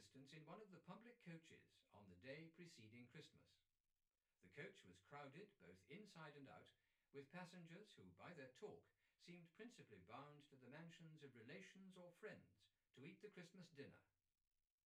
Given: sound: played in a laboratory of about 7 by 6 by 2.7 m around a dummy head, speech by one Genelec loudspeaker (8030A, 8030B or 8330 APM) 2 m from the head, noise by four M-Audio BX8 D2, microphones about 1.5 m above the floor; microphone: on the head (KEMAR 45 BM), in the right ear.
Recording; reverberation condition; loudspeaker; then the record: male speech in English; low; 150 degrees to the left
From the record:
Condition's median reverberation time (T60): about 310 ms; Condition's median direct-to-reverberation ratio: about 3.5 dB